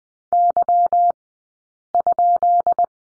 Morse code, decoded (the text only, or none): Y?